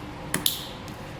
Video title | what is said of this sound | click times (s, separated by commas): etrailer - Curt Trailer Wiring Harness Installation - 2012 Kia Soul | we hear it lock in place there | 0.3 s, 0.5 s